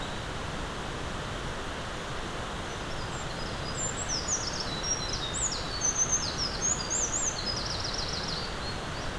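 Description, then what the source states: Eurasian wren song: a rapid, high-pitched burst of sharp trills and tumbling notes lasting several seconds, over a steady rushing hiss. Recorded 20 April 2026.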